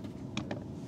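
A factory harness connector is released from its mating plug by pressing in its push tab and lifting, and it clicks free at 0.4 s, followed by a second, softer click at 0.5 s. The connector unclips and disconnects over a low background hum.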